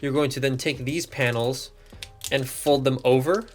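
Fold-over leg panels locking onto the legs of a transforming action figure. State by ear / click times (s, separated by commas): not seated / none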